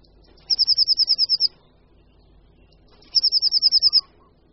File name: Sýkora-modřinka